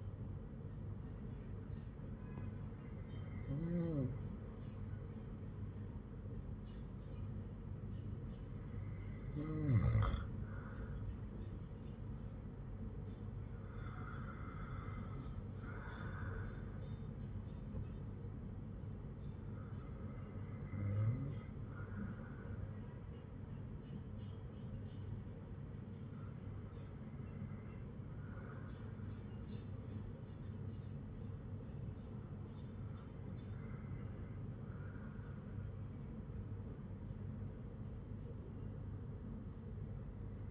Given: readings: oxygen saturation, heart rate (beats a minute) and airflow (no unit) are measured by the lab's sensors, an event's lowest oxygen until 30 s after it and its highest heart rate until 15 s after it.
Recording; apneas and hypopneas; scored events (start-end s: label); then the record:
breathing in sleep by a smartphone at the bedside; none
27.00-40.51 s: new sleep stage, N2 (light sleep)
From the record:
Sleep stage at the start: N1 (lightest sleep); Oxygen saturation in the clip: 94 to 97%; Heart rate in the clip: 51 to 58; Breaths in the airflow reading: 6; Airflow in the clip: -7.1 to 8.0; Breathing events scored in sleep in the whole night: 182 in 7.4 hours asleep